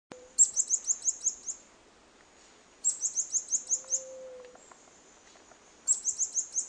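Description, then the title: White-chinned sapphire calling in short, very high-pitched trills of rapid ticks, a burst roughly every three seconds, with a brief low whistle in the pauses. "LuckyPassaro Completos2Sama. White-chinned Sapphire (Hylocharis cyanus)"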